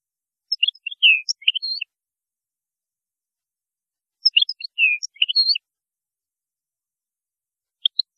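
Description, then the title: European goldfinch song: two short bursts of bright twittering notes about four seconds apart, with a few more notes at the very end. "Chant Chardonneret"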